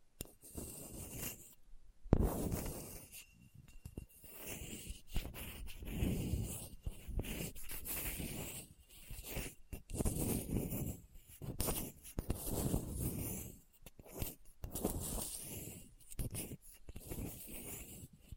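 Rough scratching and scraping on a hard, bumpy surface comes in uneven bursts, with a sharp knock near two seconds and brief silent gaps.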